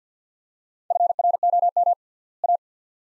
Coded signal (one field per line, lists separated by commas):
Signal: Morse code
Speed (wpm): 50 wpm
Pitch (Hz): 700 Hz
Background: none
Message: FROM A